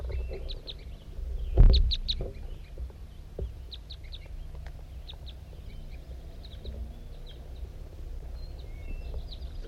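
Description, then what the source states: Crossbill calls, many brief high chirps scattered throughout, with a single loud thump early on and a low background rumble. Crossbill 5-3 on the hilltop giving toop calls in response while a wild male crossbill comes in and circles around, at 8:21.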